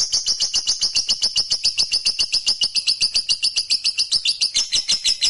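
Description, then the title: Lovebird delivering a quick, rhythmic shrill trill, each note crisp and evenly spaced, the pitch dipping slightly near the end. Fighter lovebird giving a long ngekek trill. "Begitu Dengar Suara Lovebird FIGHTER NGEKEK PANJANG"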